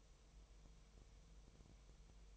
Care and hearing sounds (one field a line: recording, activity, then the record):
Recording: daily activity, microphone in the room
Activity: take from stove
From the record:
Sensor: 1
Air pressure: 999.3 hPa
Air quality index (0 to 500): 201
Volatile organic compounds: 42 ppm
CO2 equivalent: 3179 ppm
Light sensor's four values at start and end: 9/22/8/9 and 9/22/8/9